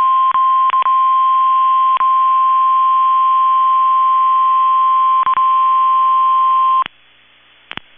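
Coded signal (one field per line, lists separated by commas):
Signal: Emergency Alert System (SAME) tones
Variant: 1050 Hz attention tone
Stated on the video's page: Required weekly test, recorded on a phone.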